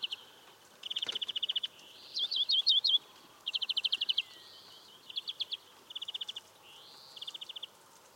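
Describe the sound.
European greenfinch song: short bursts of rapid, rattling trills and twittering notes, alternating with a soft rising nasal tone, each burst under a second long.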